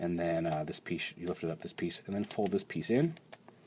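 Someone talks while handling the plastic leg panel of a transforming figure, lifting it up and folding it in so it can peg into the leg and lock into place. A small, faint tick sounds near the very end. Nothing has seated or clicked yet; the piece is not yet home.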